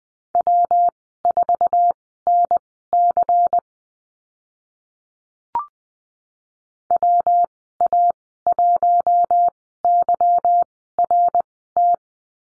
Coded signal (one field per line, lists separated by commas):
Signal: Morse code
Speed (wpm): 20 wpm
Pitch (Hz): 700 Hz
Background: none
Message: W4NC WA1YRT